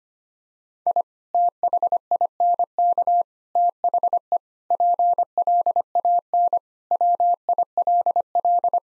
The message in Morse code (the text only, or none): I THINK THE PLAN WILL